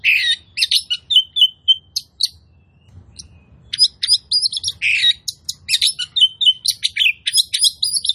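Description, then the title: Oriental magpie-robin song: fast whistled phrases and harsh notes, a short lull near the middle, then an even busier stream of varied chirps. Kacer song used as a provocation track to make other magpie-robins fight, spread their tails and display; described as loud, continuous bursts (tembakan), gacor plong. "KACER NGOTOT FULL TEMBAKAN. Pancingan Kacer Gacor Plong Plongan Buat Kacer Lain Auto Emosi Buka Ekor Ngobra"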